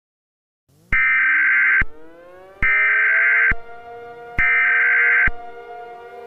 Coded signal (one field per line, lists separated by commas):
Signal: Emergency Alert System (SAME) tones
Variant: header bursts